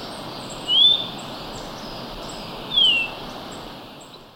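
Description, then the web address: Orange-bellied euphonia calls: two clean, high, slurred whistles about two seconds apart against a constant high background hiss. Ecuador. "Natures Songs S America Birds of Ecuador Orange-bellied Euphonia"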